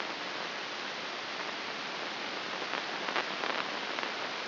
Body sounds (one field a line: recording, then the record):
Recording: brain microelectrode recording played as sound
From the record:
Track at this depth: outside the subthalamic nucleus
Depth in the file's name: 5.617 mm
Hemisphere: left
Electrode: 2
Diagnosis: Parkinson's disease